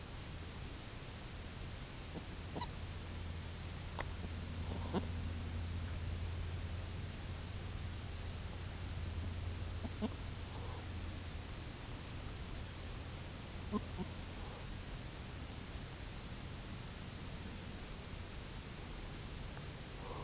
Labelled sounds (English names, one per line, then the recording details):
Spectacled Eider
unidentified sound
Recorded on Arctic tundra, site UTQI-0, on 11 June 2019
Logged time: 06:00